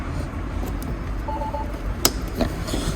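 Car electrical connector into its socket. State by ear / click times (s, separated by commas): seated / 2.0 s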